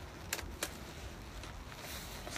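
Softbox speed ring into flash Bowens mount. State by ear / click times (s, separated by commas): seated / 0.3 s, 0.6 s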